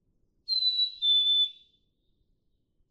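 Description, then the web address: Black-capped chickadee song: one pure whistled phrase of two notes, the second slightly lower and steadier than the first, in otherwise quiet surroundings. "birdsongforthecurious songs Black-capped Chickadee"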